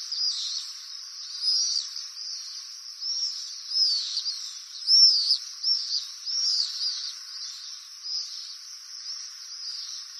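Bird calls: many thin, high chirps and short upward and downward whistled notes, overlapping continuously.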